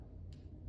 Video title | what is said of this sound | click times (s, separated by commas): SQ & IM injections | And this safety push up until it clicks that way. | 0.3 s